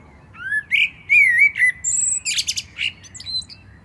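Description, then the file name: Common blackbird singing a mellow, rising and falling whistled phrase, followed by a tumbling, high-pitched squeaky twitter. "Turdus merula"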